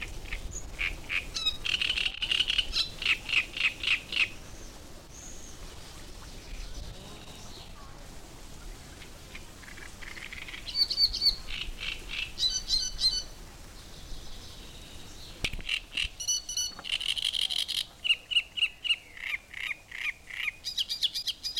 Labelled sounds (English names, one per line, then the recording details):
Great Reed Warbler
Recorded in the wild
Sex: male
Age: adult
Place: Müggelsee, Berlin, DE
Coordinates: 52.43, 13.64
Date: 1990-05-19
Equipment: Uher 4400 Report Monitor, Sennheiser ME 80, K 30 AV
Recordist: Fischer, Stefan